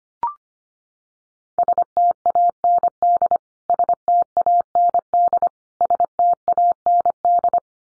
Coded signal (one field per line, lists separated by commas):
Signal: Morse code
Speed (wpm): 25 wpm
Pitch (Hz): 700 Hz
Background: none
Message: STAND STAND STAND